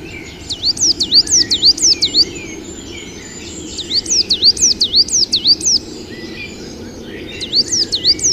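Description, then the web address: Coal tit singing quick, high two-part notes in three short runs of several notes each, with steady background noise beneath. "agykontroll Madardalok Cd 1. Fenyves cinege"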